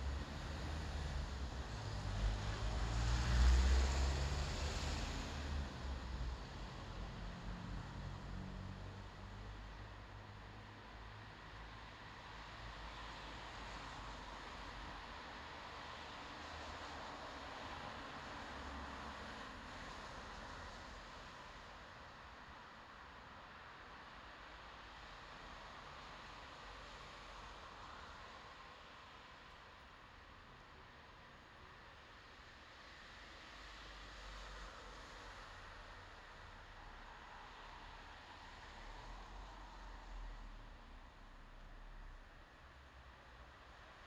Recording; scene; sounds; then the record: everyday scene through a hearing-aid microphone; in traffic; traffic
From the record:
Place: bus stop on a city main road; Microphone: in the ear canal, left